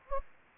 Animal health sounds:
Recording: mosquito wingbeat signal from an infrared sensor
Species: Anopheles gambiae

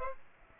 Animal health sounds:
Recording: mosquito wingbeat signal from an infrared sensor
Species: Aedes aegypti

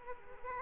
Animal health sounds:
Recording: mosquito wingbeat signal from an infrared sensor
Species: Aedes aegypti

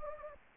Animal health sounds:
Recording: mosquito wingbeat signal from an infrared sensor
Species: Anopheles gambiae

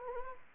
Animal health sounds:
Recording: mosquito wingbeat signal from an infrared sensor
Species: Anopheles arabiensis

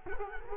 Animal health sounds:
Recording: mosquito wingbeat signal from an infrared sensor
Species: Culex quinquefasciatus

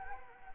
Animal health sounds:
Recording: mosquito wingbeat signal from an infrared sensor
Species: Anopheles arabiensis

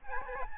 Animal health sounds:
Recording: mosquito wingbeat signal from an infrared sensor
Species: Aedes albopictus

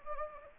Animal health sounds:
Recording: mosquito wingbeat signal from an infrared sensor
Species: Anopheles gambiae

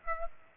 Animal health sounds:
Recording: mosquito wingbeat signal from an infrared sensor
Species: Aedes aegypti

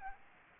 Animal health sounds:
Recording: mosquito wingbeat signal from an infrared sensor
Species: Aedes aegypti

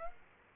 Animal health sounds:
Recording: mosquito wingbeat signal from an infrared sensor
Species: Aedes aegypti

